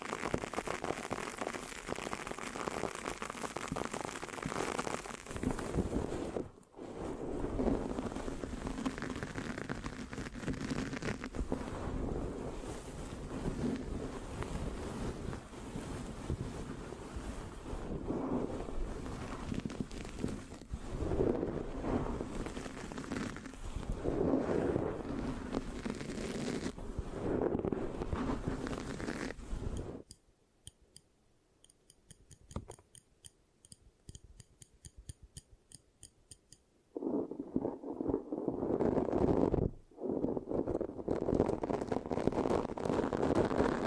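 Mic scratching fills most of the clip, a dense, rough rustle with sticky, uneven scrapes running steadily from the start to about 30 seconds, with a brief break near 6 seconds. Then it nearly stops for a quiet stretch of faint ticking before the scratching resumes around 37 seconds.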